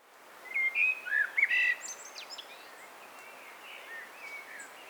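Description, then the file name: Common blackbird song: a rich fluty warble early on, followed by softer high squeaks and faint chirps over a steady hiss. "Turdus merula"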